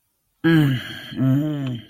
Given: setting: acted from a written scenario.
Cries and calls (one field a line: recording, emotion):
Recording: vocal sound without words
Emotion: contempt